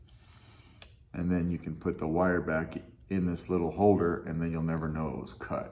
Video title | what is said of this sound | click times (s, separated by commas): KR Sabers Krossguard | this slides right on just like that then locks into place | 0.8 s